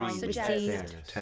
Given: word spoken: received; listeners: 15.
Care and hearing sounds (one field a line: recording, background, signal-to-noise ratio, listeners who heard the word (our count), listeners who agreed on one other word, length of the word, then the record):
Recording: one English word in noise, from a listening test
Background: four-talker babble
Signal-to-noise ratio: -0.6 dB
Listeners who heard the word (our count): 0 of 15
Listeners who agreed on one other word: 8 of 15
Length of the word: 0.81 s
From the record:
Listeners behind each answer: 8, 1, 1, 1, 1, 1, 1, 1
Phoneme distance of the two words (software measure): 58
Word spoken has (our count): 2 syllables, 6 phonemes, stress on syllable 2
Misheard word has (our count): 2 syllables, 6 phonemes, stress on syllable 2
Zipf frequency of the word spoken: 4.65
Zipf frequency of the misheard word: 4.63